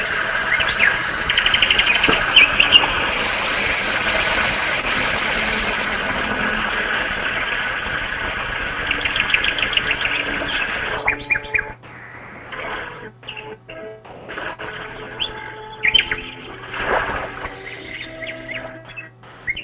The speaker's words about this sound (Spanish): Voy a poner música de naturaleza, sonido de mar, voy a poner sonido de pajarito y después voy a explicar por qué el mar tranquiliza. Mira, escucha esto.